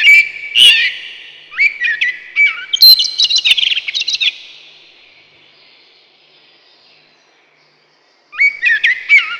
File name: дрозд черный